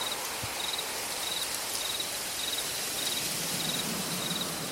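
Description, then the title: Crickets chirping in short high pulsed bursts repeated steadily, over a constant rain-like hiss of background noise. Forest at night. "Crickets and Owls Music in Forest at Night"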